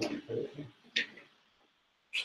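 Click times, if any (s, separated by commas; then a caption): none. Someone talks while a handlebar bag is handled and brought toward its quick-release mount bracket on the bicycle handlebars, with brief sharp handling sounds near 1.0 s and 2.2 s. The bag has not snapped into the bracket yet, and nothing has seated or clicked by the end of the clip.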